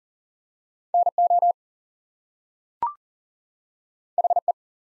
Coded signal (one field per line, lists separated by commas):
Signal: Morse code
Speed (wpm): 40 wpm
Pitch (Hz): 700 Hz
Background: none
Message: NO HE